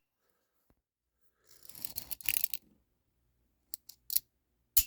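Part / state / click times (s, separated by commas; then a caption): BB follower on an air pistol magazine / not seated / none. The spring-loaded BB follower on the CO2 magazine of an ASG CZ Shadow 2 air pistol is pulled down by hand and pushed toward its notch to try to lock it. A scraping, rattling stretch from about 1.5 to 2.6 s gives way to several small, sharp metallic clicks, ending in a louder snap near the end. The follower has not locked into place, so it has to be held down by hand.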